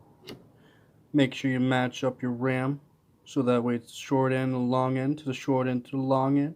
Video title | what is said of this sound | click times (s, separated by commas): How to install RAM! #gaming #computerhardware #overclocking #gamer #morningcoffee | You're gonna unlatch. | 0.3 s